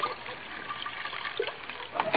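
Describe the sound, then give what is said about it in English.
Cognac is poured into a dish: a steady, splashy trickle of liquid runs for about two seconds at moderate volume, with a brighter gurgling swell near the end. “Here's a cognac. I'll pour a little into your dish.”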